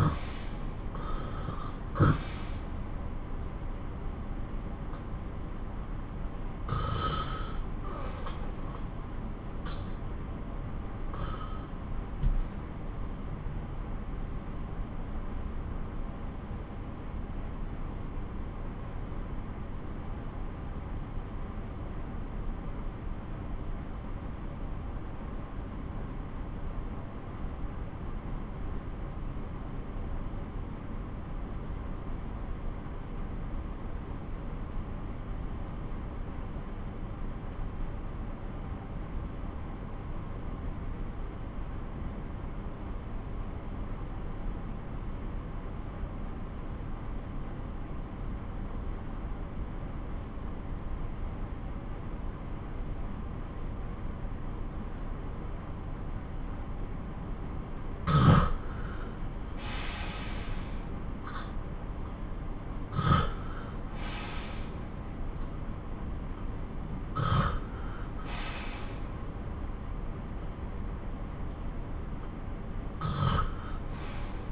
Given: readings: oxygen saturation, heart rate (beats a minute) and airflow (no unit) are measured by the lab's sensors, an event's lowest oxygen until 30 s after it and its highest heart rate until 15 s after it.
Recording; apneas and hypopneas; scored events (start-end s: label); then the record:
breathing in sleep by a smartphone at the bedside; 1
2.00-74.52 s: new sleep stage, N1 (lightest sleep)
12.00-58.40 s: obstructive apnea (N1, oxygen 94% highest, then 83% lowest)
From the record:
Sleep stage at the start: REM sleep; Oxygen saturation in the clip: 81 to 94%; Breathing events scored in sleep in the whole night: 217 in 6.3 hours asleep